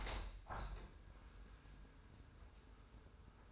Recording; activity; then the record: daily activity, microphone in the room; open window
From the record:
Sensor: 2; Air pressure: 990.2 hPa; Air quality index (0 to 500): 194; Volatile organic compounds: 1000 ppm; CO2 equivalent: 6184 ppm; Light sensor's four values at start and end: 24/55/22/22 and 24/56/23/23